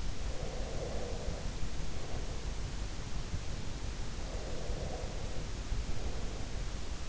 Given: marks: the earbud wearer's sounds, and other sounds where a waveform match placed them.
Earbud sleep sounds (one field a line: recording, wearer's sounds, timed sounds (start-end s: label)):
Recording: sounds in sleep by an in-ear microphone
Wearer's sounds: breath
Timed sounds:
0.33-2.74 s: breath
4.23-7.09 s: breath